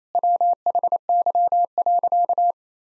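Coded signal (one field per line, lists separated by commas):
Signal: Morse code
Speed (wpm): 27 wpm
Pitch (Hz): 700 Hz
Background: none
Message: WHY.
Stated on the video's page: Morse practice sentences of common four-word phrases at 28 wpm for head-copy training, each sent, then spoken, then sent again.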